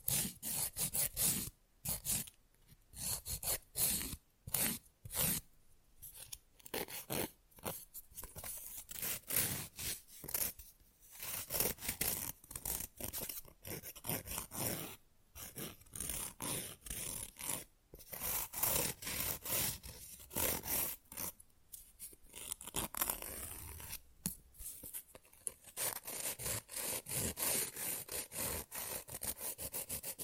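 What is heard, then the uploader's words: Fast, rough nail filing: quick gritty strokes follow one another almost without pause, each a bright raspy scrape. The rhythm stays brisk and uneven for the whole half minute, broken only by a few brief silent gaps. Fast & Rough Nail Filing + Tapping.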